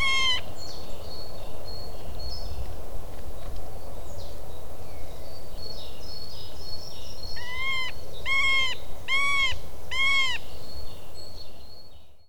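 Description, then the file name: Middle spotted woodpecker giving nasal, harmonic mewing calls: one at the start, then four in a series near the end, with faint thin calls between over steady background hiss. "közép fakpáncs nyávogás"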